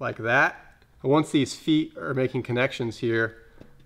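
A stainless keg lid, its lever pulled up, is pushed down so the lid's feet engage the keg opening while someone talks. Only a faint tick is heard near the end, and nothing has seated or clicked yet.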